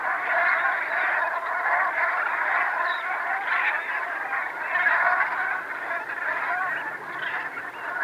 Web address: Brent